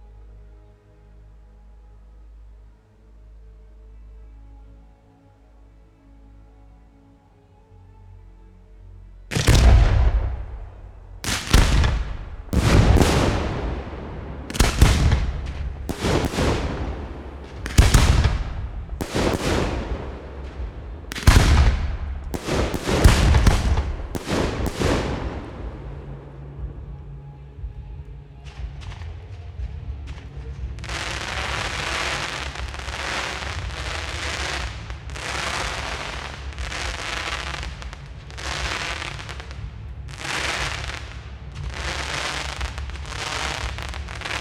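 Fireworks: after about nine seconds of quiet low rumble, a series of loud bangs bursts out roughly every second or so until around 25 seconds. After a short lull, a faster, denser run of crackling pops continues steadily to the end over a low rumble.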